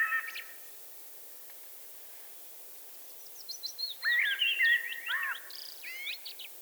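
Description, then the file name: Eurasian blackbird: a brief note, a long quiet gap, then a rich mellow warbling phrase with thin high squeaks and twittering. "Turdus merula"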